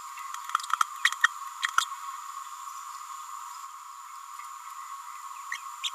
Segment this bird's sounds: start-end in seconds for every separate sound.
1.04-1.11, 1.23-1.28, 1.80-1.86, 5.83-5.92